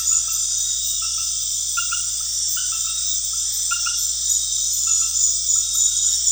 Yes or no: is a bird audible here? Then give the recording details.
no. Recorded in pastures near Puerto Asís, Putumayo, Colombia, on 4 March 2025 at 20:00. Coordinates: 0.502, -76.324. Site GP07